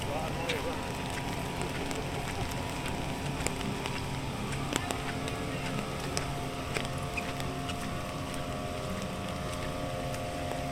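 A walk through Animal Kingdom park at Walt Disney World: a dense, unbroken bed of crowd chatter runs throughout, over a steady low engine-like hum with a few held tones. Sharp clicks and knocks pop up every second or two.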